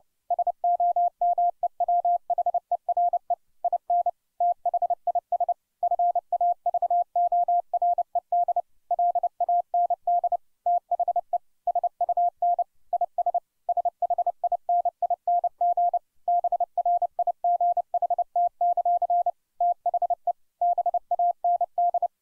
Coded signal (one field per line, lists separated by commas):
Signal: Morse code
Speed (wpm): 29 wpm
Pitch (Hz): 700 Hz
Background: none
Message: SOMEWHERE IN THIS FAVORED LAND THE SUN IS SHINING BRIGHT; THE BAND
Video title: 30 wpm Morse Code Practice - Casey at the Bat